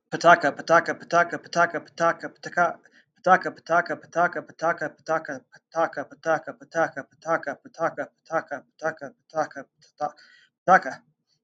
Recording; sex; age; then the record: repeated syllables /pa ta ka/; male; 20 to 29 years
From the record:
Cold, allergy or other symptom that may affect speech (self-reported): no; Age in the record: 29 years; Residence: California, United States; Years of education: 15